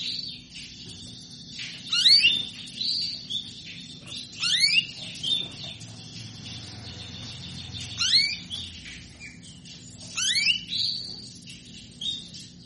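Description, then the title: Belgian canary song with bright sweeping chirps repeated every few seconds, amid high buzzy trills and softer twittering. Song to stimulate canaries into singing; described as a female asking to mate. "Canto Para Esquentar Canário Belga. Suara burung kenari betina minta kawin"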